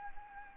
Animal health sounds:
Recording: mosquito wingbeat signal from an infrared sensor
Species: Anopheles gambiae

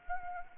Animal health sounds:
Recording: mosquito wingbeat signal from an infrared sensor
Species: Anopheles arabiensis

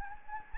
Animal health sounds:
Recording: mosquito wingbeat signal from an infrared sensor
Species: Anopheles gambiae

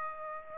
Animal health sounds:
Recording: mosquito wingbeat signal from an infrared sensor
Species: Aedes aegypti

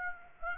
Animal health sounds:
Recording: mosquito wingbeat signal from an infrared sensor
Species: Aedes aegypti

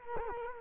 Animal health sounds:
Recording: mosquito wingbeat signal from an infrared sensor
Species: Culex quinquefasciatus

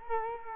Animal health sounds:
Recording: mosquito wingbeat signal from an infrared sensor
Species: Culex quinquefasciatus

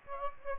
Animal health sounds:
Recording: mosquito wingbeat signal from an infrared sensor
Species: Aedes aegypti

